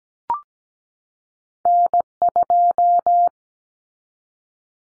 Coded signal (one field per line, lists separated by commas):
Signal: Morse code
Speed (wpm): 17 wpm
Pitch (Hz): 700 Hz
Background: none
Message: N2